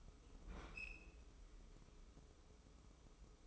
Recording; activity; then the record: daily activity, microphone in the room; open fridge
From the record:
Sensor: 1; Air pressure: 995.3 hPa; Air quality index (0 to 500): 25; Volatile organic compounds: 0 ppm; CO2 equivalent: 500 ppm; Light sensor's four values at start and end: 18/60/22/24 and 18/60/22/24